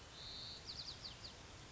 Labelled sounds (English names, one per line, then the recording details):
White-crowned Sparrow
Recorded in Sonoma County, California